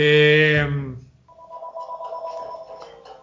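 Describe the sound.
A brief voiced sound gives way to a telephone ringing, its steady electronic tones wavering slightly as they hold at a moderate level for a couple of seconds.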